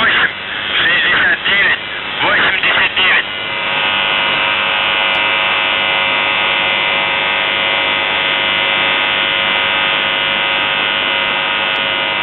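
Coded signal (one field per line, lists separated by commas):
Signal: numbers station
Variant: UVB-76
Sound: short distorted voice message over radio, then a continuous droning buzz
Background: radio static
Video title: The Buzzer/UVB-76(4625Khz) May 22nd, 2023 Voice messages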